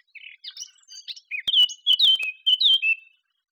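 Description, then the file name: Eurasian blackcap song: soft twitters leading into loud, repeated fluty whistles with downward slurs. "Sylvia atricapilla"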